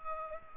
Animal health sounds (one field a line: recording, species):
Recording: mosquito wingbeat signal from an infrared sensor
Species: Culex pipiens